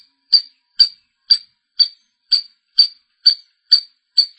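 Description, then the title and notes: Long-tailed shrike calls: short sharp high notes repeated steadily about twice per second, clean and evenly spaced, with no other sounds. Called pentet in Indonesian; dated March 2017. "Pentet 201703. Suara burung pentet"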